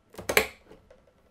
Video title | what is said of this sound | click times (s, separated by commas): Epic $1200 RTX Gaming PC Build! [ft. Zotac 2060 Super w/ 1440p 60FPS+ Benchmarks!] | line the knotch on the dim with the notch on the motherboard a click | 0.3 s, 0.4 s